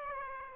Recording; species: mosquito wingbeat signal from an infrared sensor; Aedes aegypti